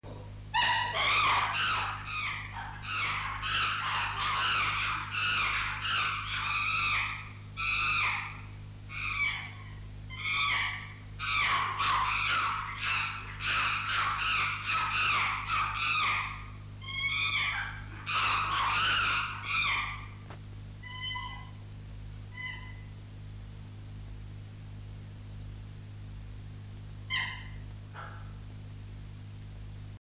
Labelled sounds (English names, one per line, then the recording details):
Chimpanzee
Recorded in captivity
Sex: female
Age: juvenile
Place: Tierpark Berlin, Berlin, DE
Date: 1958-03-20
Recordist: unbekannt, keine Angabe
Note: "Kitty" (ca. 2 Jahre alt): Angst (ö) und starke Erregung - Kreischen